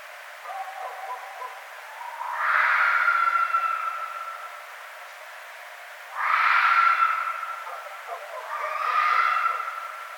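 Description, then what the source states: Red fox screams: three hoarse, drawn-out cries, each lasting a couple of seconds. Recorded 1 February 2012.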